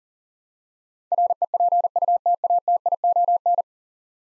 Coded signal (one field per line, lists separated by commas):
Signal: Morse code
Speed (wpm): 40 wpm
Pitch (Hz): 700 Hz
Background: none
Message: REPUTATION